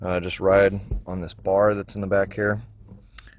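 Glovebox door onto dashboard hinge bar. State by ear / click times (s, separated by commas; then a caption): seated / 3.2 s. Someone talks while the plastic glovebox door of a Chevy Equinox is pushed back onto the hinge bar at the back of the dashboard. A short, sharp click at 3.2 s marks the door seating back onto its hinges, undamaged.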